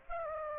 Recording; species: mosquito wingbeat signal from an infrared sensor; Aedes aegypti